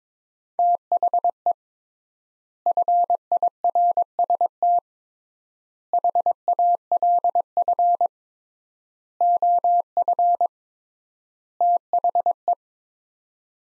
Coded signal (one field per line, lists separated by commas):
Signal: Morse code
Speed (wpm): 23 wpm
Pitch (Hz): 700 Hz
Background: none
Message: THE FIRST HALF OF THE